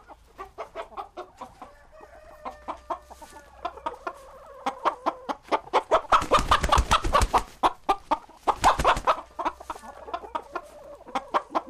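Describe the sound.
Chicken giving a long run of repeated clucks mixed with drawn, wavering notes, swelling into two dense bursts of loud cackling.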